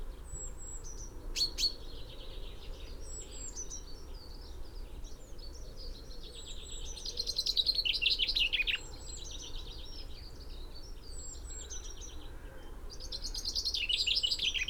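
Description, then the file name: Common chaffinch singing: rattling descending trills, one closing in a flourish and another starting at the end, amid high whistled notes and a steady low rumble. "Fringilla coelebs"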